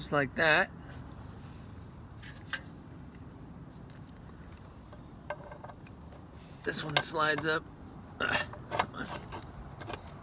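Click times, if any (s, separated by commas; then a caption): 8.8 s. A rear brake pad is slid up into the rear brake caliper of a motorcycle (ST1100) until it seats against the pad spring. Someone talks while faint metallic taps and scrapes are heard. The pad seats with a small click at 8.8 s.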